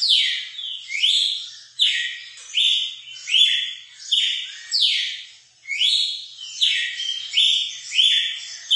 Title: Canto Galo Campina Fêmea. ESQUENTAR SEU GALO CAMPINA COM O MELHOR CANTO DO GALO DE CAMPINA